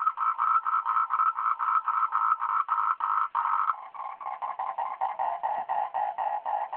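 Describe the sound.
Frog giving rapid pulsed croaks repeated almost four times a second, the notes shifting to a slightly lower, rougher pitch partway through.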